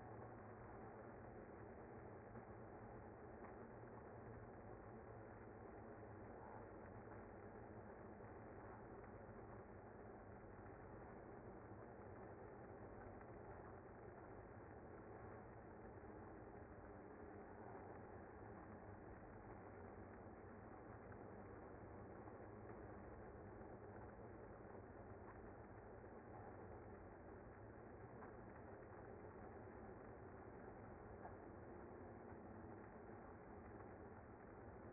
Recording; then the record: honeybee colony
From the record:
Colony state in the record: active